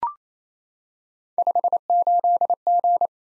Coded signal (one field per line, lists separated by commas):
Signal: Morse code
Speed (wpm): 27 wpm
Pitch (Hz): 700 Hz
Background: none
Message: 58G